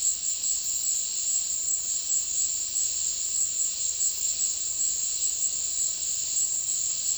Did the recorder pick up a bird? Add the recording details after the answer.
no. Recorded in dense forest near Puerto Asís, Putumayo, Colombia, on 20 February 2024 at 15:30. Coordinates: 0.496, -76.326. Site G6383